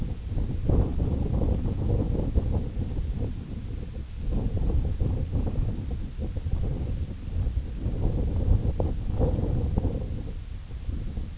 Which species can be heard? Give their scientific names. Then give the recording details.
none. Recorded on Arctic tundra, site IGLO-A, on 21 June 2018. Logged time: 15:59